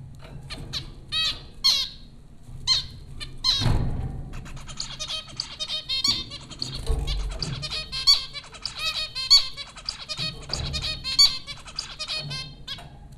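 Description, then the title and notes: Zebra finch calls, a dense run of short nasal honking notes with stacked harmonics, several birds overlapping, a louder knock near four seconds, low hum beneath. Several zebra finches recorded at Popcorn School, Flatbush, Brooklyn, New York, in April 2009. "Dronecast No. 030: The Popcorn Finches Four from Apr 15, 2009. Zebra finches recorded by Dan Bodah at Popcorn School, Flatbush, Brooklyn NY in April 2009"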